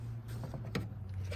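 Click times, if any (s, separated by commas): 0.8 s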